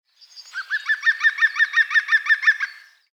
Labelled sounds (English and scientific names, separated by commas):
European Green Woodpecker (Picus viridis)